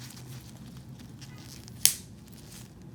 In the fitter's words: You will hear a click.